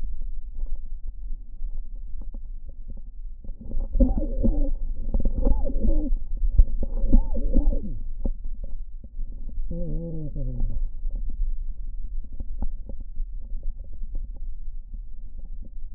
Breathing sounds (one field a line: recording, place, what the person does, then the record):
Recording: lung sounds by stethoscope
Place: left posterior basal chest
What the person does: quiet breathing, then cough and speech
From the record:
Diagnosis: COPD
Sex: male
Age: 70 years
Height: 163 cm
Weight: 64.6 kg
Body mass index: 24.3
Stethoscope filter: diaphragm mode